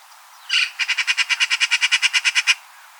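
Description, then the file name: Eurasian magpie chattering: one harsh opening note, then a rapid rattling series of many grating notes at a steady pace, ending abruptly. "Pica pica"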